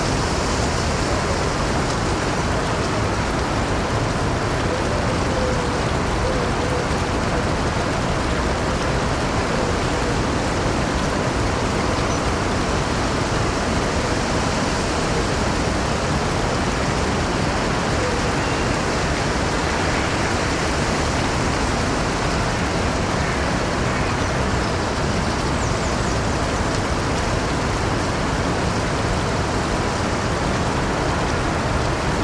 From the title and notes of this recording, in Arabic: حديقة الريف عند منتصف الليل | أوراق هادئة وجدول. يتدفق جدول ريفي هادئ بلطف عبر الحديقة.